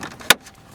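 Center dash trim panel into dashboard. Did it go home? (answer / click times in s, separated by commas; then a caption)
yes / 0.3 s. A center dash trim panel from a 1991 Buick is pushed back into the dashboard, and its plastic retaining clips snap home with one sharp click at 0.3 s after a faint rustle of handling. The panel is seated back in place.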